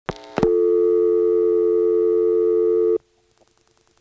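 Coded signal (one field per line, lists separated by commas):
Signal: telephone call progress tone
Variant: North America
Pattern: dial tone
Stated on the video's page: Sounds recorded from the Commerce, Georgia area exchanges: Commerce NX1 and Homer and Braselton XY switches.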